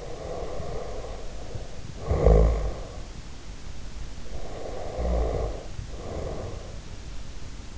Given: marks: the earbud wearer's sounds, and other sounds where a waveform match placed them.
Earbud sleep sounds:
sounds in sleep by an in-ear microphone; snoring breath
0.00-3.18 s: snoring breath
4.35-6.95 s: snoring breath

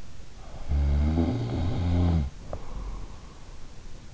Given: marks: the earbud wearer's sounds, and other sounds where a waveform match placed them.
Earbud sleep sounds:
sounds in sleep by an in-ear microphone; snoring breath
0.19-3.27 s: snoring breath

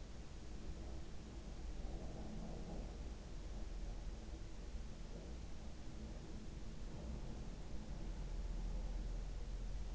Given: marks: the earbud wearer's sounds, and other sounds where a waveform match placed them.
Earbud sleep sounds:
sounds in sleep by an in-ear microphone; breath
0.00-3.18 s: breath

